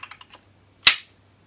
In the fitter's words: the toggle pin and push down until you hear it click did you hear it there make